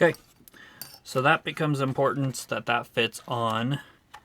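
A plastic model part is handled against the body of a scale model, where it is meant to fit so the battery and on/off switch area can be reached later. Someone talks over a few brief light clicks of handling near the start and end. Nothing has seated or clicked into place yet.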